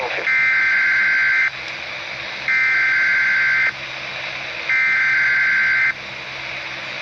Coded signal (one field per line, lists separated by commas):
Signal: Emergency Alert System (SAME) tones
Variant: header bursts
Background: speech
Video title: EAS #551-553 - Required Weekly Tests